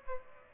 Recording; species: mosquito wingbeat signal from an infrared sensor; Aedes aegypti